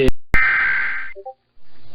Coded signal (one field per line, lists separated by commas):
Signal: Emergency Alert System (SAME) tones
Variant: header bursts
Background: speech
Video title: Arizona 12 Hours Later (EAS #7129-7131) 7/13/22